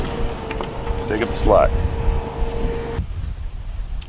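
A mast-mounted rope clutch on a sailboat halyard is closed so it locks onto the line, giving two quick sharp clicks at 0.5 s and 0.6 s as it seats. Someone talks throughout, over a steady low hum that stops at about 3.0 s.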